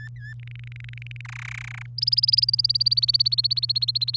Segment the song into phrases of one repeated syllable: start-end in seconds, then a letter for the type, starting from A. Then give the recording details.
0.00-0.34 A, 0.39-1.21 B, 1.25-1.86 C, 1.98-4.16 D. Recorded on 27 April 2018 at 06:20. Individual llb3